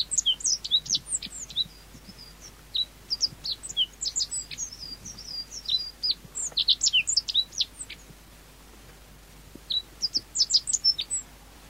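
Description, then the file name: Meadow bunting calls: groups of high, sharp chirps and slurred twitters come in bursts, with quieter gaps between them. Recorded 10 May 1991. "10 05 91 Ecioides IIIb"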